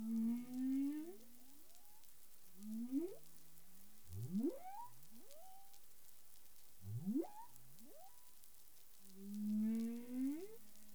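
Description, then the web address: Humpback whale song units: low moans sweeping upward into higher whoops, several rising glides in a loose series, with faint underwater hiss. On 19 April 2021 at 08:20:42 UTC. "CARIMAM. humpback whale 20210419 082042 UTC"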